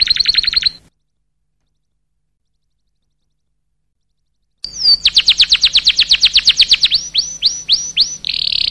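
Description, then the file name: Canary song: a brief rapid trill, then nearly four seconds of silence before a long run of fast repeated sweeps and slurred whistles ending in a buzzy phrase. "suara burung kenari"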